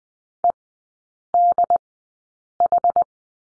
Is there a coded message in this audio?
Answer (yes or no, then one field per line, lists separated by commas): yes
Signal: Morse code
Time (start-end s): 0.4-3.0 s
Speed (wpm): 20 wpm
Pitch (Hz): 700 Hz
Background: none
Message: EDH